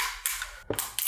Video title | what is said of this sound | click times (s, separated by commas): 3D Printed TELEPROMPTER - #sunlu | When you hear the crack, it means it's fine. | 0.3 s, 1.0 s